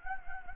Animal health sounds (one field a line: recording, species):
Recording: mosquito wingbeat signal from an infrared sensor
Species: Anopheles gambiae